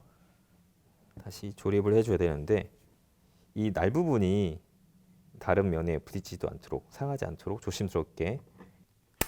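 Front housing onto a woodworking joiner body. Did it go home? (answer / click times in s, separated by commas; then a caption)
yes / 9.2 s. Someone talks while the front housing is carefully pushed back onto the woodworking joiner body after its cutter blade has been changed, taking care that the blade does not strike or get damaged on other surfaces. A sharp click at 9.2 s marks the housing seating back in place.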